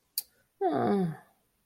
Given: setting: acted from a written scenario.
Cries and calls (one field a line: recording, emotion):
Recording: vocal sound without words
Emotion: disappointment